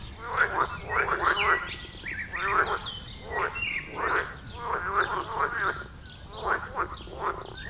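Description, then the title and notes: Frogs croaking in a busy chorus of rattling calls. Chorus at a village pond in Wohlsborn, Germany; recorded with a TASCAM DR-40X. "Wohlsborn, Deutschland - Froschkonzert. Frog concert. Froschkonzert am Dorfteich in Wohlsborn"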